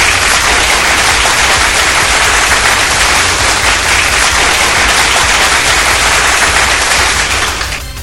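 A dense, steady wash of applause from a crowd, many hands clapping at once in a loud crackling roar that holds for several seconds before tapering off at the end.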